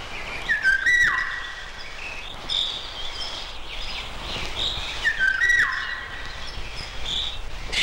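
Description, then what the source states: Eurasian golden oriole song, a mellow fluting whistled phrase given twice about four and a half seconds apart, with other birds chirping softly and faint background noise. Singing in a forest after it had grown calm again.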